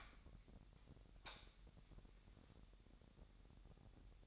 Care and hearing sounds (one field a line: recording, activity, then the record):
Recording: daily activity, microphone in the room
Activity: light on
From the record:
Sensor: 3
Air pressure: 1011.9 hPa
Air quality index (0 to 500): 228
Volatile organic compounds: 4 ppm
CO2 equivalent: 1698 ppm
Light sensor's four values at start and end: 15/35/15/15 and 17/43/18/18